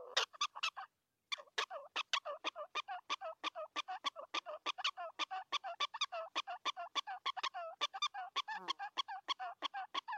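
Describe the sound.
Prairie dog calling in rapid repeated chirping barks, a brief pause near the start, then an unbroken run of sharp notes.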